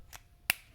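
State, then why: Seated. A snap cap is pushed back onto an Artmaker Calligraphy Master Class fountain pen. A faint tick comes at about 0.1 s, then a sharp, bright snap at 0.5 s as the cap seats on the pen.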